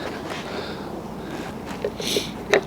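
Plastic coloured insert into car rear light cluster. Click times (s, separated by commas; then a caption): 2.5 s. A coloured plastic insert is lined up by hand with a cloth on the rear light cluster of a Series 4 Fiat 500 or Abarth and pushed home against a steady low background hiss. A faint tap comes at 1.9 s, then a sharp, solid click at 2.5 s as the insert seats.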